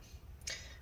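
The battery connector on a 13.3-inch A1932 Late 2018 laptop is pushed free of the logic board with a thumb after repeated pulling. A faint tick at 0.4 s is followed by a sharp click at 0.5 s as the connector pops loose, leaving the battery disconnected.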